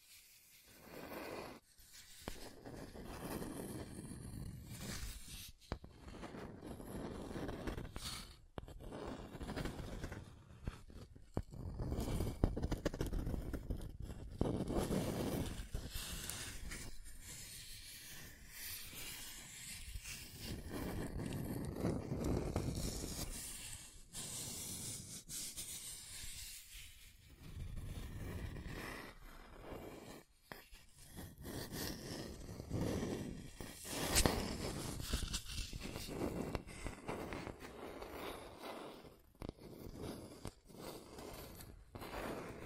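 Scratching and tracing on a surface, with dense rough strokes that swell and fade in irregular waves every few seconds. The scraping is gritty and bright, broken by short sharp clicks and brief pauses, notably near 5, 8 and 30 seconds.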